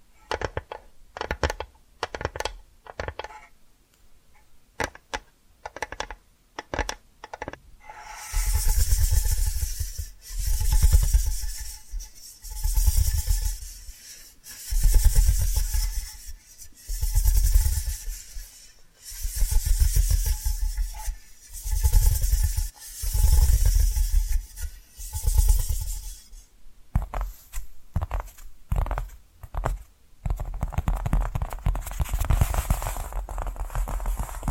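Tapping and scratching sounds. Sparse, sharp taps open the first eight seconds, then a rhythmic bright scratching takes over, swelling and fading in regular strokes about once a second until near 27 seconds. The end returns to quieter, faster scratching with light taps.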